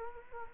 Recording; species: mosquito wingbeat signal from an infrared sensor; Culex quinquefasciatus